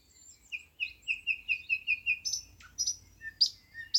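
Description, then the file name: Thrush nightingale song: a steady run of about eight repeated piping notes, then sharp high clicks and chattering notes. "thrush nightingale - luscinia luscinia"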